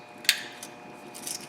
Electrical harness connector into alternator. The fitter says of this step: And you'll push them in and you'll feel it snap in place.